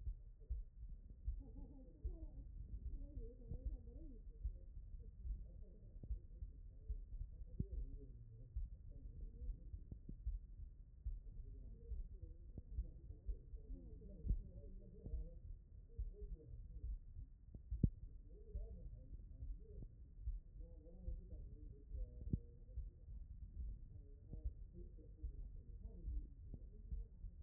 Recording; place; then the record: heart sounds by stethoscope; pulmonary valve (PV)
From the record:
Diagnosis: non-HFrEF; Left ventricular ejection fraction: 42%